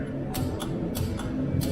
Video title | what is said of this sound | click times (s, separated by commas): Ford Powershift Oil Change Without Special Tools - Save £££'s at Home | As you can hear, that's clicked off at 15 Newton meters. | 0.4 s